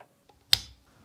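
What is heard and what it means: A new replacement plastic drive gear is fitted onto its shaft in the gearbox of an Arnica Quick Mix hand blender/chopper motor unit before greasing, going in easily with no adjustment needed. After a faint tick near 0.3 s, a single sharp, loud click at 0.5 s rings out with a short decaying tail as the gear seats in place.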